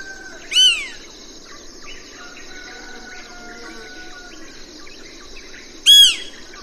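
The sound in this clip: Banded woodpecker calls: two loud, ringing notes about five seconds apart, each slightly falling, with soft chirps of other birds and insect buzz between them.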